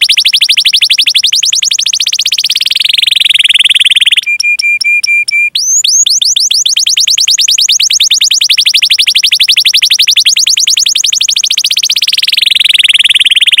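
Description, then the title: Canary song: a long, fast run of rapid trills that slowly falls in pitch, then a short break of steady whistled notes, followed by more quick rising trills. Canary singing vigorously (gacor), with the best cengkok and the most lavish isian, intended for bird-song training. "Kenari Gacor Cengkok Terbaik Isian Paling Mewah"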